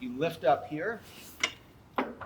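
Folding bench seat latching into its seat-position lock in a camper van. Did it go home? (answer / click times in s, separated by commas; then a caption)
yes / 1.4 s. In a Mercedes Metris 2.0 camper van, the folding bench seat is lifted from its bed position back into seat position. Someone talks at the start, then the seat latch clicks home into its seat-position lock with a loud click at 1.4 seconds. Another sharp knock follows at about 2.0 seconds, and the seat is latched.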